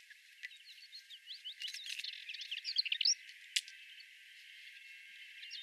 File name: Fauvette melanocephale